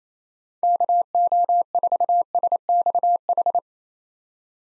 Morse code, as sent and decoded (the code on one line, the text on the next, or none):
-.- --- ....- ... -..- ....
KO4SXH